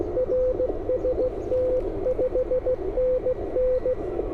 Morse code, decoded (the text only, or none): RST 5NN